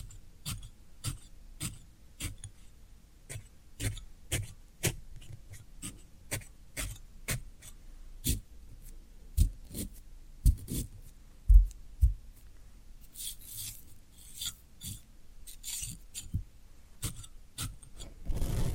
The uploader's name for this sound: Floral Foam Sounds